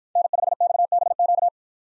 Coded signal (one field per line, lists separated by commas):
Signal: Morse code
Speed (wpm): 53 wpm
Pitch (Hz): 700 Hz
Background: none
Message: N5XBQ